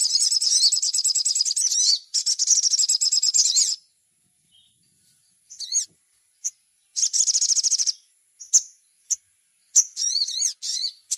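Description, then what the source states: Little spiderhunter giving two long, fast, shrill trills, a quiet gap, then scattered short chips and brief trilled bursts. No other sounds stand out. Masteran (training recording).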